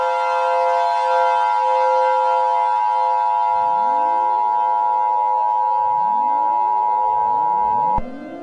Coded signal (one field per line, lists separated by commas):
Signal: Emergency Alert System (SAME) tones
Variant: 853 and 960 Hz attention tone